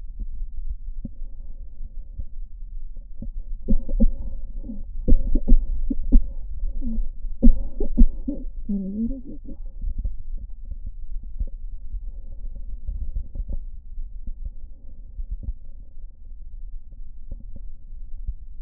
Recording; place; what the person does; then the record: lung sounds by stethoscope; right posterior basal chest; quiet breathing, then cough and speech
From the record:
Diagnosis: COPD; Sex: female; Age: 65 years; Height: 156 cm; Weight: 63.9 kg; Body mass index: 26.3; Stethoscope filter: diaphragm mode